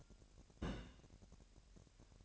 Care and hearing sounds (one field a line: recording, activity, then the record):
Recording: daily activity, microphone in the room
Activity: place on stove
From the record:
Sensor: 2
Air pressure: 1011.9 hPa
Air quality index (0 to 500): 194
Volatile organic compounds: 3 ppm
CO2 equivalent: 1375 ppm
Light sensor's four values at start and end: 69/164/67/64 and 69/164/67/64